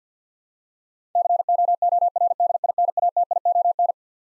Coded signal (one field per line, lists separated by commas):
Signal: Morse code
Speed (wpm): 50 wpm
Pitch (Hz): 700 Hz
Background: none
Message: COORDINATION